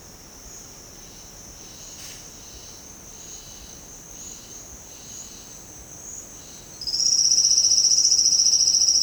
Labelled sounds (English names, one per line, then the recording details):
none
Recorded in secondary vegetation near Puerto Asís, Putumayo, Colombia, on 12 March 2025 at 12:00
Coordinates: 0.485, -76.322
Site G040